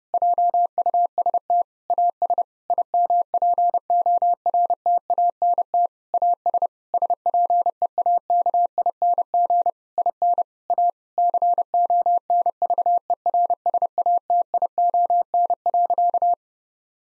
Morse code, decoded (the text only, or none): JUST AS IMPORTANT AS SPEAKING IN A CONVERSATION.